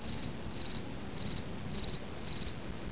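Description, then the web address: Cricket chirping, high clear chirps of four or five rapid pulses each, repeated about every half second, five chirps in all, over faint low background noise. "Heartland Bluffs. cricket"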